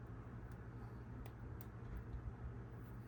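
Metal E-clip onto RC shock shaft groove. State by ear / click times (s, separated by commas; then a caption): not seated / none. A small metal E-clip is handled and pressed toward the groove of an Axial SCX10 Pro RC crawler shock shaft during the shock build. A steady low hum fills the clip, with brief faint ticks near 1.3, 1.6 and 3.1 seconds. The clip has not popped in or seated yet.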